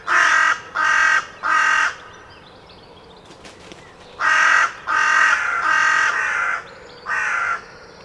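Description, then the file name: Carrion crow cawing in two bursts: three rough caws, a short pause, then several more drawn-out, hoarse caws. "Corvus corone"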